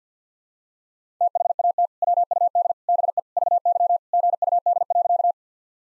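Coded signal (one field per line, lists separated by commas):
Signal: Morse code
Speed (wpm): 50 wpm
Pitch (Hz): 700 Hz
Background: none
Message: THAT WUD BE VY GUD.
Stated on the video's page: Head-copy practice drill of sentences from the top 200 words and abbreviations in Morse code at 50 wpm, each sent twice.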